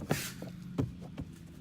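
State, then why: Seated. Plastic retaining clips on the interior trim panel of a 2007-2012 Toyota 4Runner passenger front door are pressed into the door frame while the panel is refitted after a door lock actuator change. Three sharp snaps are heard at 0.1, 0.8 and 1.2 seconds as the clips engage and seat.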